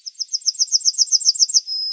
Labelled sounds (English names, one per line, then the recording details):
Yellowhammer song
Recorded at under 5 m from the bird
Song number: 016